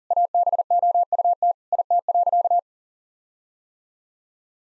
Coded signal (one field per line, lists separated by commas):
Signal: Morse code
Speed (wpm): 40 wpm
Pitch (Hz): 700 Hz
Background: none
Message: ABOUT IT.